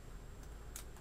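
A punch pushes the bottom firing pin of a Mad Bull 6mm airsoft shotgun shell inward until it resets. A small, sharp click is heard at 0.8 s over a low, steady background, and the click signals that the shell's firing pin has reset.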